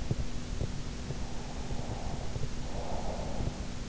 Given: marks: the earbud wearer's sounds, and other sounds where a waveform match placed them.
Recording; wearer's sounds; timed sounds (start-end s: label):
sounds in sleep by an in-ear microphone; breath
1.39-3.59 s: breath